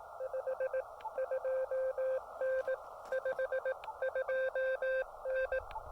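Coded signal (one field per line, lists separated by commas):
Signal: Morse code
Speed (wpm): 18 wpm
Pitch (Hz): 520 Hz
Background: none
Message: 52N 52N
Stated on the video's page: QRP CW activation for SOTA, POTA and WWFF at a state park, 5 watts into a CHA MPAS 2.0 antenna.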